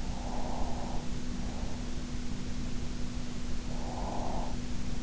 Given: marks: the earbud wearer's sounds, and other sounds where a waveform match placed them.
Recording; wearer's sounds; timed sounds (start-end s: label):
sounds in sleep by an in-ear microphone; breath
0.00-1.74 s: breath
3.57-4.61 s: breath